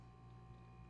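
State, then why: Not seated. An injection-molded plastic lid is being closed over the cover of a water bottle, where a small notch in the plastic is meant to engage a catch. Only a steady low hum with faint constant tones is heard. The lid has not yet snapped onto the catch, and nothing has seated or clicked.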